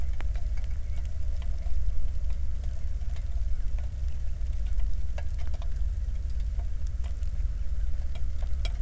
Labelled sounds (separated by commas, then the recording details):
bird, flare stack, rain
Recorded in the Prudhoe Bay oil fields, Alaska, on 1 August 2019 at 02:00
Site 25